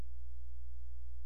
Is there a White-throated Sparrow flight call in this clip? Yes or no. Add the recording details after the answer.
no. No flight call is heard. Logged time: 00:04 on 16 September 2014